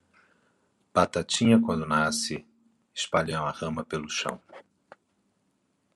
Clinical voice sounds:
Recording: short text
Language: Brazilian Portuguese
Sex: male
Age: 40 to 49 years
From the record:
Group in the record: control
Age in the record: 46 years

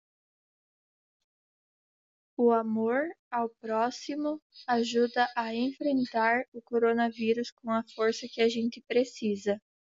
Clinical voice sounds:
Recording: spoken sentence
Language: Brazilian Portuguese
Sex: female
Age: 20 to 29 years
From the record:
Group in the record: control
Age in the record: 27 years

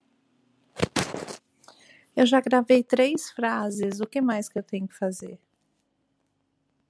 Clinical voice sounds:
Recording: short text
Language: Brazilian Portuguese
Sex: female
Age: 50 to 59 years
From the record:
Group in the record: control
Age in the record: 56 years

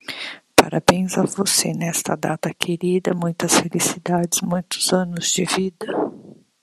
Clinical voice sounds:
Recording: short text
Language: Brazilian Portuguese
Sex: female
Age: 50 to 59 years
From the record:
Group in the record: control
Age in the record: 51 years

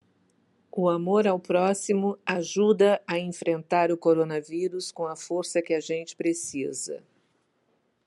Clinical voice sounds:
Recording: spoken sentence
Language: Brazilian Portuguese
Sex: female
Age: 60 to 69 years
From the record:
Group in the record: control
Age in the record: 65 years

